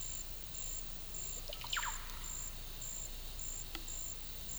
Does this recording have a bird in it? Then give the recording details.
yes. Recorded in pastures near Puerto Asís, Putumayo, Colombia, on 18 December 2024 at 10:30. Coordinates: 0.486, -76.323. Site GP01